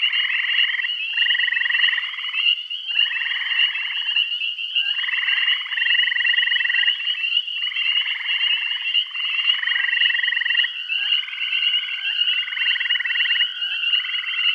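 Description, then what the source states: Frogs trilling in a dense chorus, pulsed croaking bursts following one another almost without pause, with a steady high whine behind. Bath County.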